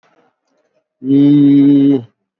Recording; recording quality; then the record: sustained vowel as in beet; excellent, no background noise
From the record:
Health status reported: COVID-19 positive, mild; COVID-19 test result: positive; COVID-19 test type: RT-PCR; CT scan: not taken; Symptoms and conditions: fatigue, muscle pain, diarrhoea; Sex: male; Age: 37 years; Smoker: no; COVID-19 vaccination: both doses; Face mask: worn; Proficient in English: yes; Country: India